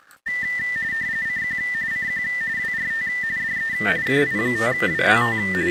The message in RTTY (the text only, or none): CQ CQ WRT DE KI5WWT